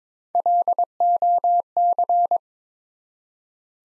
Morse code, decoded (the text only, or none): LOC